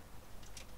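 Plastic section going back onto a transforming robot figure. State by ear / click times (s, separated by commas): seated / 0.6 s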